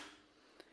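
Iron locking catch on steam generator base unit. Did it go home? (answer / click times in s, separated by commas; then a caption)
yes / 0.6 s. A plastic locking catch on the base unit of a Braun CareStyle 5 steam generator iron is pressed down to hold the iron in place on the base for storage or carrying. A short, sharp click is heard at 0.6 s over a faint background hiss. The catch locks into place and the iron is secured on the base.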